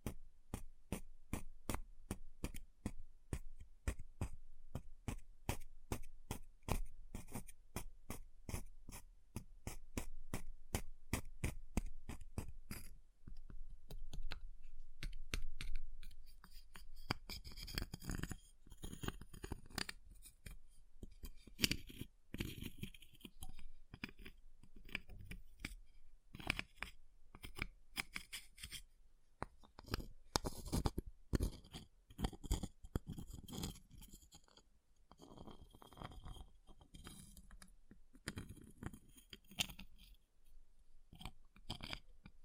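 Ice is tapped in a quick, steady run of sharp clicks for the first dozen seconds. After that the sound turns to denser, uneven scratching and carving, with rough louder scrapes around 16, 22 and 30 seconds mixed among lighter ticks.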